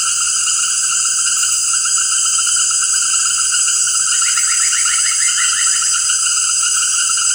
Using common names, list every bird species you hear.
none